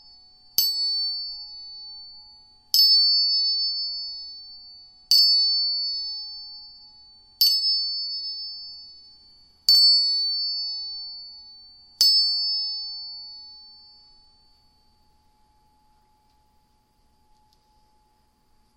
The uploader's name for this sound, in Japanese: 音叉チューニング2本